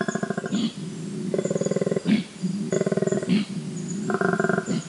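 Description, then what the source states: Koala grunting in deep throbbing pulses, interrupted by several short hissing snorts, giving a see-sawing, roar-like rhythm. Loud low-frequency call of grunts and snorts; the snort is the inhalation; produced with a special larynx that lets the animal reverberate; can sound like a lion roaring.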